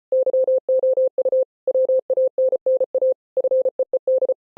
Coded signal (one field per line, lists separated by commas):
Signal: Morse code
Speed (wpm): 33 wpm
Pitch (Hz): 520 Hz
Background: none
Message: YOU WANNA FEED